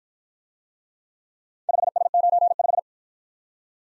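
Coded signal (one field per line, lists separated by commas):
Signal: Morse code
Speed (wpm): 53 wpm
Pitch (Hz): 700 Hz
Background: none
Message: 5S95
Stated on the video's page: Morse practice of four-character letter-number groups, starting fast and slowing to a 35 wpm base speed; final repeat at maximum speed.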